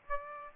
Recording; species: mosquito wingbeat signal from an infrared sensor; Aedes aegypti